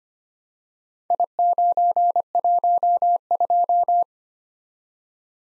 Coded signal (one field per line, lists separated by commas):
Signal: Morse code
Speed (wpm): 25 wpm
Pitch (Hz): 700 Hz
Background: none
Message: I912